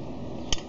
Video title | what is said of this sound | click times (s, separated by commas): GUUKOO Launcher Playset ★ 果酷木灵宝贝 [5] | then pull it there until it clicks, then | 0.5 s